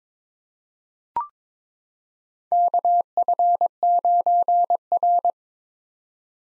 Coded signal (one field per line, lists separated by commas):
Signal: Morse code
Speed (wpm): 21 wpm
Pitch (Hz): 700 Hz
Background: none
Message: KF9R